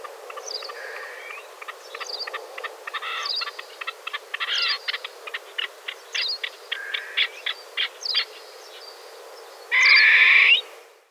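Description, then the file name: Grey partridge calls: a quick run of short clicking, scratchy notes with a few brief rasps, ending in one loud, long, grating call. "Perdiz Moruna"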